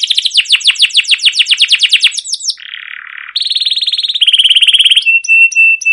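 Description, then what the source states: Canary with a run of rapid falling notes, a lower rough trill, then high rattling rolls and a few clear repeated whistles. Canary singing long chirping rolled trills ('cuit cuit', 'ngerol', 'gacor panjang') as a tutor recording (masteran) used to prompt other canaries to sing.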